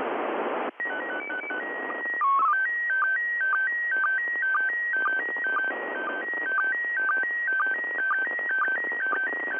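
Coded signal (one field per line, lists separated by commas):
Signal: SSTV (slow-scan television)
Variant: PD 120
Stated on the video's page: SSTV images from the ISS, received on an Icom IC-9700 with a vertically polarised 5-element yagi on a Yaesu G-5500 rotator.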